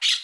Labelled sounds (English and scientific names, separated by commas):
Brown-throated Parakeet (Eupsittula pertinax) contact call